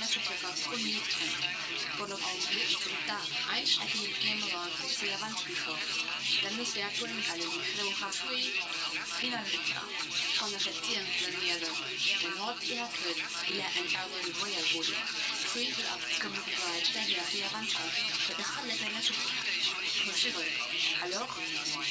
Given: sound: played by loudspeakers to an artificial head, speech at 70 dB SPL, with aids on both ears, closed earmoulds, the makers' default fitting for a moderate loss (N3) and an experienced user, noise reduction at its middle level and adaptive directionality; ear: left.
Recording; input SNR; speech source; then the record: speech test signal (ISTS) in cocktail-party noise; +3 dB; on the right (90 degrees)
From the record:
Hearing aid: class 1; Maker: A